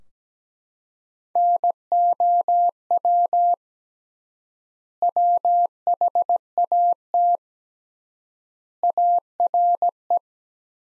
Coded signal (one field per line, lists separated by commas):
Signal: Morse code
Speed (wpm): 17 wpm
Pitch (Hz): 700 Hz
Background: none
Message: NOW WHAT ARE